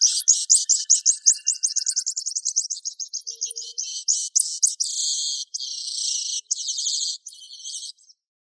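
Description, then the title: Bird song: a rapid high trill of notes that slows into separate notes, then longer buzzy, chattering phrases. "LuckyPassaros CompletosSama"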